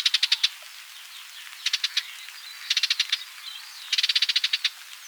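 Barred warbler song: bursts of fast, even rattling pulses, four rattles in about five seconds, the last one longest.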